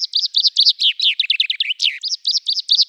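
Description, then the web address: Common chaffinch calling: a rapid, continuous run of short high chirps and twittering notes, densely packed for the full three seconds with no other sounds. "Fringilla coelebs"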